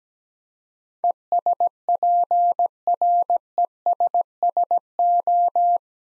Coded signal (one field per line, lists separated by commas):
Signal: Morse code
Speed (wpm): 17 wpm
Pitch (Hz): 700 Hz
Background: none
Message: ESPRESSO